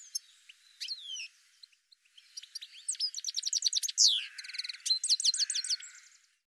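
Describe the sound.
Bird song: a few descending whistles, a pause, then a long fast stream of high chirps, a loud slurred note and rapid repeated whistles.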